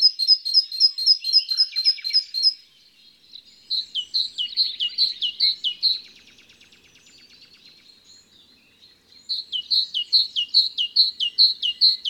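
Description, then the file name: Great tit song: bright two-note phrases repeated rapidly in bursts, a pause with softer twittering, then the ringing see-saw phrases return. Garden bird. "Oiseaux-des-jardins-Mésange-charbonnière"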